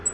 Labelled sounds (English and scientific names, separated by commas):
Black-throated Green Warbler (Setophaga virens) flight call